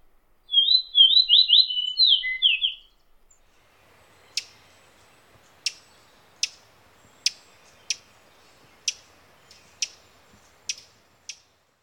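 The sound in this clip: Fox Sparrow song, a brief burst of whistled slurred notes, followed by a run of sharp clicking ticks at irregular intervals.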